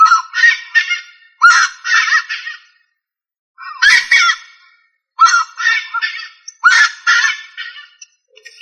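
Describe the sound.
Rail giving a series of coarse, honking double notes in five bursts, each with harsh harmonic squawks and brief silent gaps between.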